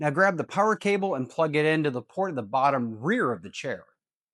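Someone talks while a power cable is being plugged into the port at the bottom rear of a Ceragem M10 massage chair, where a magnetic port cover will close over it. Only speech is heard across the clip. Nothing has seated or clicked yet; the magnetic cover has not snapped into place.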